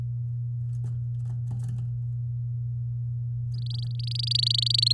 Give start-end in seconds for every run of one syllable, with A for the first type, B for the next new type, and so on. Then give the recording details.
3.54-4.93 A. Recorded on 9 May 2018 at 06:15. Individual llb16